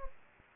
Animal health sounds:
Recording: mosquito wingbeat signal from an infrared sensor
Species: Anopheles gambiae

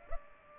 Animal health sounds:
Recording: mosquito wingbeat signal from an infrared sensor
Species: Culex pipiens

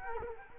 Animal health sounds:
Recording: mosquito wingbeat signal from an infrared sensor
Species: Culex quinquefasciatus

